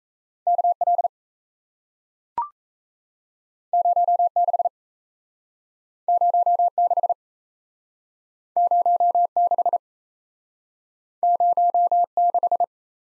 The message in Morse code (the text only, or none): KL 06 06 06 06